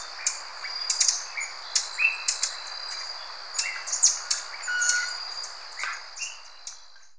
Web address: S America Birds of Ecuador Golden Tanager